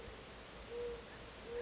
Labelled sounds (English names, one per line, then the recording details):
Mourning Dove
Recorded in Sonoma County, California